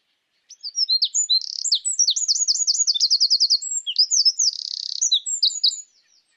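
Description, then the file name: Eurasian wren singing a vigorous high-pitched strophe: sharp notes, a rapid rhythmic trill, a brief buzzy rattle, then tumbling twitters before it stops. "Troglodytes troglodytes"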